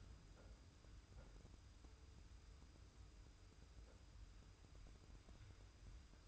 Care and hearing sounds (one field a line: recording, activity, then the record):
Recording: daily activity, microphone in the room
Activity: wipe stove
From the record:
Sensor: 2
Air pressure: 990.3 hPa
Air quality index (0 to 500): 196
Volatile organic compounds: 1000 ppm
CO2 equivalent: 6280 ppm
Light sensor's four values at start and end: 33/78/32/32 and 33/78/32/32